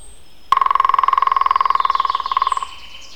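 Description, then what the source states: European green woodpecker drumming: a quick, rattling roll of steady strikes lasting around two seconds. Drumming, recorded on 21 April 2001.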